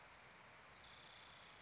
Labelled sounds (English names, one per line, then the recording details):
Spotted Towhee
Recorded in Sonoma County, California